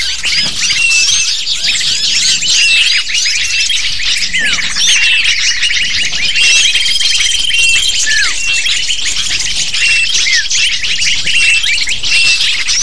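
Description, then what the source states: Lovebirds squeaking and chirping en masse, a constant high-pitched chatter of short sweeping notes, briefly dipping near three seconds before resuming just as dense. Lure used to attract lovebirds.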